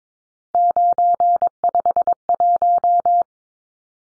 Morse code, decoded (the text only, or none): 951